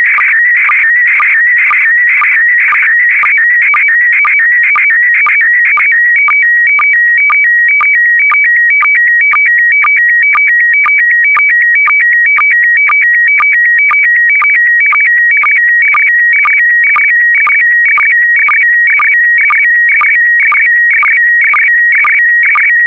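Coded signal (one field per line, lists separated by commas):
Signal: SSTV (slow-scan television)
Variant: PD120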